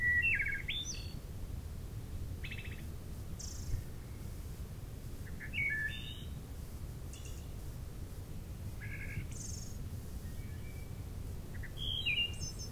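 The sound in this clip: Wood thrush song: varied flute-like phrases repeated every two to three seconds, most closing with a high, buzzy trill, over low background rumble.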